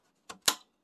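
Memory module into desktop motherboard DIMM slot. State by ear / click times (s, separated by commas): seated / 0.3 s, 0.5 s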